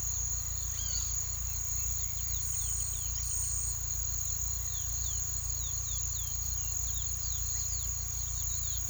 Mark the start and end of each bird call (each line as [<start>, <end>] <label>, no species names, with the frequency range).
[0.67, 3.23] bird call (1.0-5.5 kHz)
[4.10, 8.89] bird call (2.2-5.6 kHz)